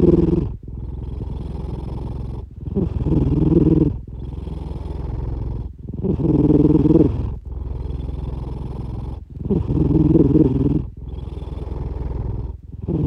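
A brown tabby cat called 'big brother' snores at home during everyday life, with a low, rough, rattling sound on each breath, about 17 breaths a minute.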